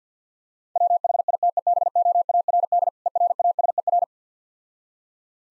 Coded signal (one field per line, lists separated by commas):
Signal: Morse code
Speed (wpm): 49 wpm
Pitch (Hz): 700 Hz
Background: none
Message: WHITEBOARD ERASER